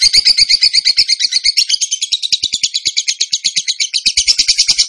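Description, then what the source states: Bird song: a high, fast trill that shifts slightly in tone partway through, notes repeating steadily without pause. Bird singing actively (gacor) in the tembakan song style, from a masteran (training) recording.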